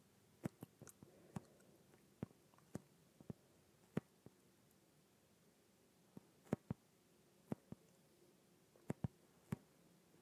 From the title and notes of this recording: ASMR Inflated Yoga Ball.